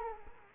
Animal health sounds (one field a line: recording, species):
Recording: mosquito wingbeat signal from an infrared sensor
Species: Culex quinquefasciatus